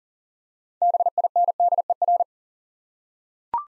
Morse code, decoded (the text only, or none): BINDER